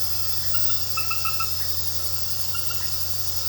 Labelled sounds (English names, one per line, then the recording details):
none
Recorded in pastures near Puerto Asís, Putumayo, Colombia, on 12 March 2025 at 21:30
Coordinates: 0.466, -76.322
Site CSA-02